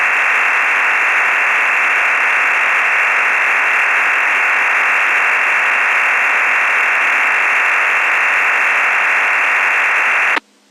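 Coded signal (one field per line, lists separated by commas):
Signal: digital SSTV (DRM)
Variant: EasyPal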